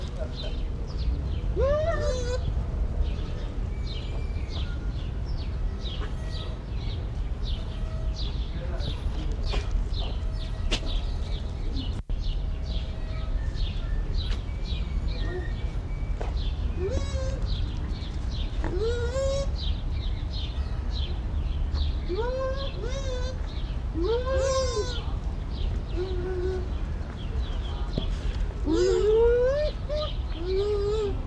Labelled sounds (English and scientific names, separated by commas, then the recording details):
Bush Dog (Speothos venaticus)
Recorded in captivity
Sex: pair
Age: adult
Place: Zoo Berlin, Berlin, DE
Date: 1994-10-01 11:35
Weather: wolkig, z. T. etwas Regen, aufheiternd, 12°C
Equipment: Marantz CP 430, Sennheiser ME 80, Kopie Uher Variocord 263
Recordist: Tembrock, Günter
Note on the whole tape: Paar umherlaufend (längere Stücke), diverse Lautformen, bei Begegnung rhythmische Folgen, z.T. alternierend. Sonst nacheinander laufend, sie manchmal zur Innentür